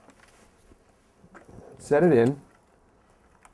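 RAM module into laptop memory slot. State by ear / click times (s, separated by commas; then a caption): not seated / none. A larger RAM module is set into a laptop's angled memory slot and lined up before being pushed down. Soft handling taps are heard, and someone talks briefly around 2 seconds. Nothing has seated or clicked yet.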